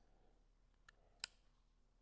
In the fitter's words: Did you see that little click when I pushed it in? That was everything seating into place.